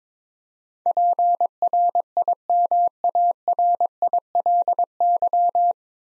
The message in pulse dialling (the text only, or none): none